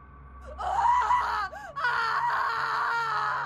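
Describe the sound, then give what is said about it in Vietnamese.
A woman's shrill, piercing scream rises sharply from a room in a house, wavers and breaks briefly, then resumes as a sustained, loud, high-pitched wail lasting a few seconds. “một tiếng hét thất thanh phát ra từ phòng của … làm cả ba giật mình”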